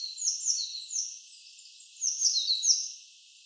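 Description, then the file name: Eurasian blue tit calls, rapid high-pitched chirps and short slurred notes in two busy clusters separated by a brief lull. "Cyanistes caeruleus"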